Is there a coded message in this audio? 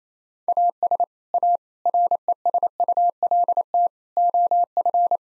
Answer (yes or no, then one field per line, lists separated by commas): yes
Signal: Morse code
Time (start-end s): 0.5-5.2 s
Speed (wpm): 28 wpm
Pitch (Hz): 700 Hz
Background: none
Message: AS A RESULT OF